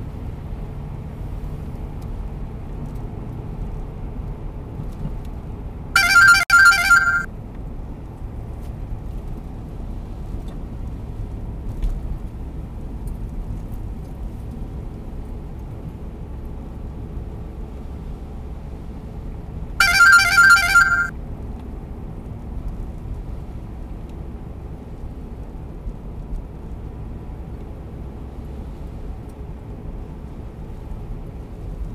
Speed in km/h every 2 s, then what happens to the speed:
77, 78, 72, 66, 62, 60, 61, 63, 65, 65, 63, 63, 62, 61, 64, 63.
3-10 slows to 60. 10-32 steady at about 63.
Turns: none.